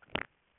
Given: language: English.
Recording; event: throat vibration sensor signal played as sound; swallow